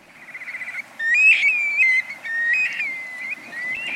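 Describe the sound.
Black-bellied Plover calls, clear plaintive whistles sliding and falling, several in a row, with a faint trilled whistle at the start.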